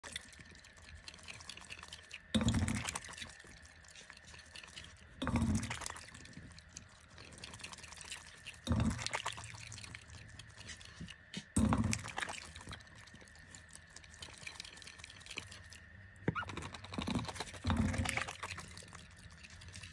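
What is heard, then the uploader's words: A duck drinks water in a series of wet splashing dips every few seconds, with faint dripping and a steady low hum between. Tokyo the Jumbo Pekin Duck - Drinkin' Some Water in Bed. Here's a video of her drinking some water while sitting in her little dog-turned-duck bed.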